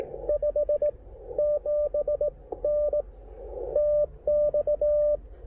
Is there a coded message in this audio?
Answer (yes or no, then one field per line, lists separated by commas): yes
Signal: Morse code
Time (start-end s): 0.3-5.2 s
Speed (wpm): 18 wpm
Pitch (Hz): 600 Hz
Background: radio noise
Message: 57N TX